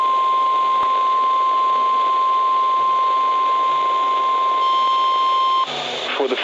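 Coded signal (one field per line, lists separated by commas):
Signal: Emergency Alert System (SAME) tones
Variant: 1050 Hz attention tone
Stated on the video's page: Flood warning, recorded with glitchy audio.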